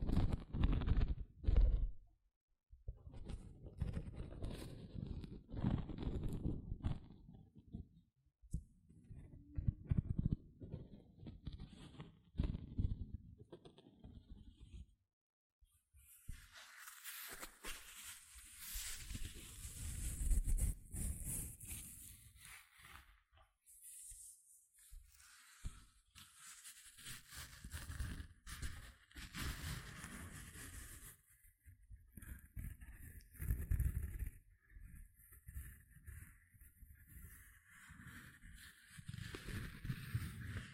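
Gentle scratching sounds come in soft, uneven strokes, dull and low for the first fifteen seconds with brief pauses between bursts. After that the scratching turns brighter and hissier, with quick repeated rasps and short gaps continuing to the end.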